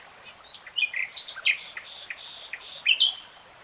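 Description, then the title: Nightingale song: varied short phrases of sharp whistles and buzzy notes, with brief pauses between bursts. Nightingale singing in real time. "[Tiếng chim hót] 3 Hours REALTIME Nightingale Singing"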